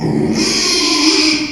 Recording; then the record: squeal of a Yucatan mini pig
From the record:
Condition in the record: after surgery on the right vocal fold (resection and tissue-engineered implant); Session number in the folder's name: 2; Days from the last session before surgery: 13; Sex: male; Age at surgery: 12 weeks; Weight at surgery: 13 kg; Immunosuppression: cyclosporine, prednisolone